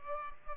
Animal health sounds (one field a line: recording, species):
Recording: mosquito wingbeat signal from an infrared sensor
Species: Culex pipiens